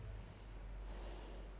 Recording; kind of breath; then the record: one breath in and out by a microphone near the nose and mouth; normal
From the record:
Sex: female